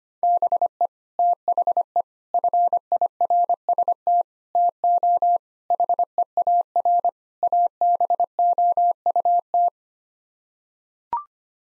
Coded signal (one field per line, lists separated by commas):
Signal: Morse code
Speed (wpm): 25 wpm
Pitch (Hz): 700 Hz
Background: none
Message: BE THE FIRST TO HEAR ABOUT